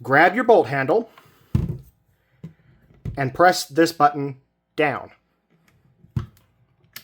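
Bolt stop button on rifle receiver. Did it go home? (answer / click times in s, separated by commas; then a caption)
released / 7.0 s. Someone talks while the small bolt stop button on the side of a Winchester Model 70 rifle receiver is pressed down, with the safety on half and the bolt drawn back, so the steel bolt can be withdrawn. A few soft handling thumps come between the talking, then a sharp click at 7.0 s as the bolt stop releases.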